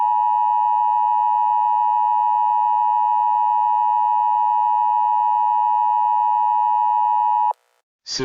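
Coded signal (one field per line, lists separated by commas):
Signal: Emergency Alert System (SAME) tones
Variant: 853 and 960 Hz attention tone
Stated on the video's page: Fictional comedy EAS alert, a made-up scenario rather than a real broadcast.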